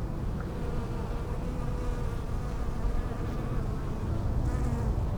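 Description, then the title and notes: Bee buzzing, a continuous low hum over a steady rumble. Bees in lavender in the palliative care service garden of Hôpital Brugmann, Brussels, Belgium, a peaceful spot apart from other hospital pavilions; recorded with Sony PCM-M10 internal microphones. "Hôpital Brugmann, Place Arthur Van Gehuchten, Bruxelles, Belgique - bees in the palliative care services garden. Bees in the lavender from the palliative care service's garden. Abeilles dans la lavande, jardin du service de soins palliatifs"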